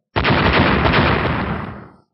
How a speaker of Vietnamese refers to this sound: Ba tiếng nổ mạnh liên tiếp truyền ra, sau đó lại là từng đợt âm thanh răng rắc thanh thúy như tiếng băng phong bạo liệt.